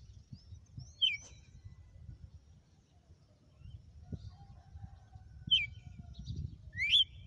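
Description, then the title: Red-cowled cardinal voicing three clear slurred whistles, one early and two near the end, over a continuous low rumble. Female; notes say she gave one açoite after another today. "Canto Galo Campina Fêmea. Galo de campina,hj foi um açoite atrás do outro"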